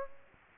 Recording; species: mosquito wingbeat signal from an infrared sensor; Aedes aegypti